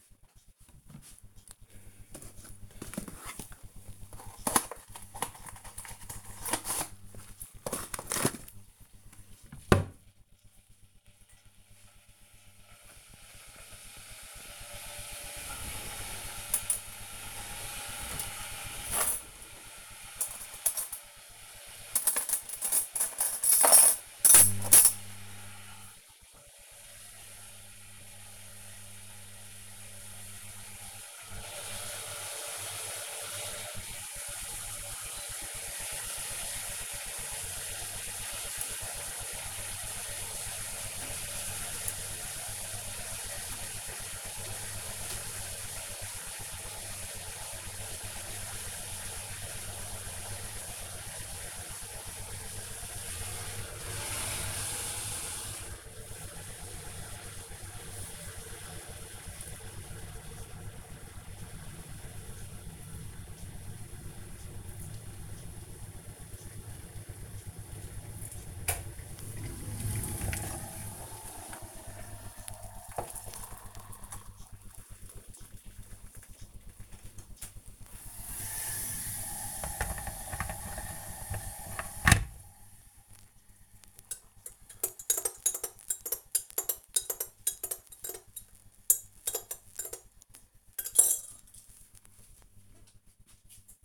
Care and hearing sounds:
household activities, microphone on the right wrist
0.00-91.47 s: making tea

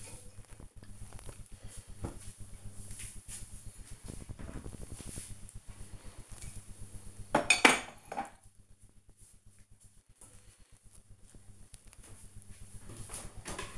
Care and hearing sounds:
household activities, microphone on the right wrist
0.00-13.78 s: cleaning out the dishwasher

